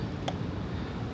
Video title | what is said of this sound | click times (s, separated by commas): How To Install Rubber FZ09 MT09 Pegs Upgrade | squeeze it from the middle and it'll snap right into place just make sure it doesn't go boing | 0.3 s